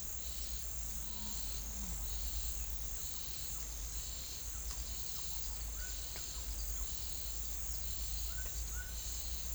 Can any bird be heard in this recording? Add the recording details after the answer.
no. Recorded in pastures near Puerto Asís, Putumayo, Colombia, on 21 December 2024 at 11:30. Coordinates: 0.487, -76.322. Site GP09